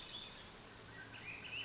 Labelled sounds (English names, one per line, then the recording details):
Swainson's Thrush
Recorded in Sonoma County, California